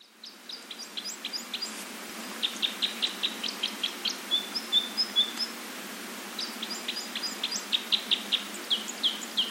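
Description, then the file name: Red crossbill calling with high, clipped chip notes in ragged series, a few thinner whistled notes mixed in, over low background noise. "isuka"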